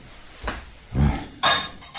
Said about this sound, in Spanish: Otra vez a fregar los platos.